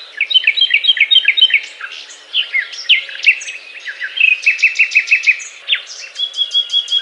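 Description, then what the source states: Nightingale delivering a varied song of fast repeated chirps, rising whistles and trilled series, with phrases shifting throughout. Song described as a love serenade.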